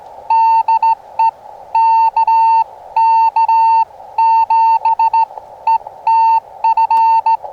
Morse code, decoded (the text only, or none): DE KK7ETF